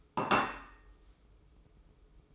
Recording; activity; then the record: daily activity, microphone in the room; place plate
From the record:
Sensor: 1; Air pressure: 995.3 hPa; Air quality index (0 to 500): 29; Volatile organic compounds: 1 ppm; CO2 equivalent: 550 ppm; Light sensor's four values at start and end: 13/47/17/17 and 13/47/17/17